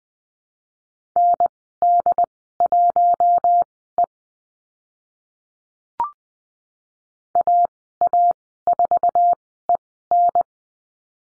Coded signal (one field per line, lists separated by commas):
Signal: Morse code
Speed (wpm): 19 wpm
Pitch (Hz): 700 Hz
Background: none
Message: ND1E AA4EN